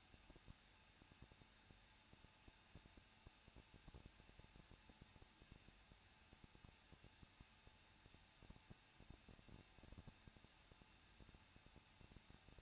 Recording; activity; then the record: daily activity, microphone in the room; no activity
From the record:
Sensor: 2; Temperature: 20.9 degrees Celsius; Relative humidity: 37.6%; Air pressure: 1006.3 hPa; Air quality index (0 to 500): 224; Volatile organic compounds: 26 ppm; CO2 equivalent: 2858 ppm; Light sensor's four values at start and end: 2/3/2/2 and 2/3/2/2